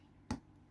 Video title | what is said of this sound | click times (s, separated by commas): วิธีเปลี่ยนแบตเตอรี่ โทรศัพท์มือถือ Asus Zenfone Max Pro M2 ทำเองง่ายๆตามนี้✅ | ครับดังแป๊กนะครับผมเข้าไปแล้วครับ | 0.3 s